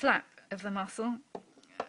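Someone talks while handling a central venous catheterization training manikin, lifting its muscle flap to press a plastic bone part back into place. A few faint, short handling taps are heard near the end. Nothing has seated or clicked yet.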